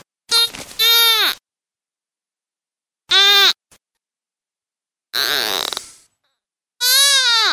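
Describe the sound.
Deer fawn bleating in distress: a few harsh cries a couple of seconds apart, one breathy and hoarse, some bending downward at the end.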